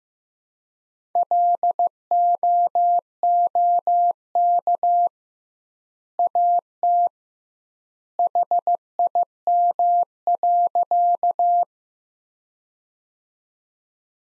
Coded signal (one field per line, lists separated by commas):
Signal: Morse code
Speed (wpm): 15 wpm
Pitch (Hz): 700 Hz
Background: none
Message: LOOK AT HIM.